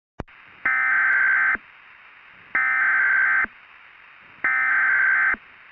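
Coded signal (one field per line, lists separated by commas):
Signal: Emergency Alert System (SAME) tones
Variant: header bursts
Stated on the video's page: Fictional EAS scenario in analog horror style, made with Audacity and other editing software.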